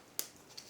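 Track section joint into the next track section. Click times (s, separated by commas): 0.2 s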